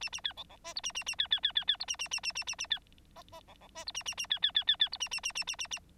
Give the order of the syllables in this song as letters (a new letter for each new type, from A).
A A B C C D E A A A B B B B B E A A A A A A A B F F C C D E A A A B B B B B E A A A A A A A